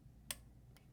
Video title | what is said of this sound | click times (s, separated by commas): How To Set Tension On The Juki DDL 8700/5500 Industrial (Perfect Tension) | inserting it with this U facing up and making sure you hear that click so let's all hear that click ready | 0.3 s